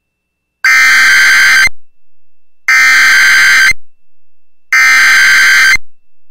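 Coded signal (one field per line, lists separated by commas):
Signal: Emergency Alert System (SAME) tones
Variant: header bursts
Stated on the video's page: Real EAS alerts personally captured during the December tornado outbreak affecting the New Orleans metro.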